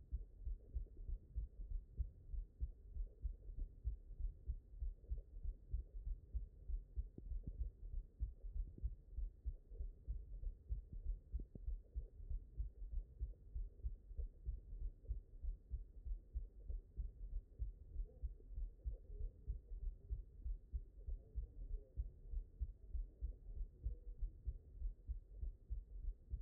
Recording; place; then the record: heart sounds by stethoscope; mitral valve (MV)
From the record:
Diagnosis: HFrEF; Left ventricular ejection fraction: 17%